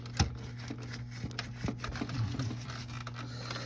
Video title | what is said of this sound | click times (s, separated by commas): Thermostat Stuck Open and Replacement on a 2014 BMW X5 3L | That's the click. | 1.4 s